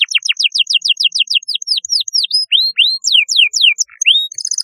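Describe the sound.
Canary song with quick repeated falling whistles, arched upslurred notes and a brief buzzy phrase, delivered rapidly and without pause.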